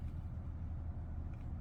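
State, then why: Not seated. The socket of a Lamicall phone mount for a Tesla Model 3 or Model Y is being slid over its ball head and pushed on. Only a steady low rumble is heard, with no sharp sounds. Nothing has snapped into place yet.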